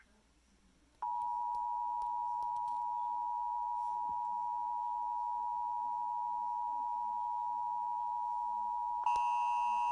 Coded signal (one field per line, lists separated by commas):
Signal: Emergency Alert System (SAME) tones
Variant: 853 and 960 Hz attention tone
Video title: EAS 1411 SVR NWS Lubbock (First with the new WJON Setup)